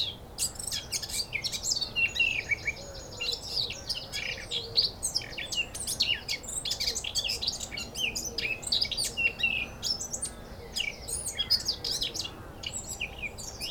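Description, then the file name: Eurasian blackcap song, a long dense stream of high twittering and chattering notes that runs on without pause. "Sylvia atricapilla"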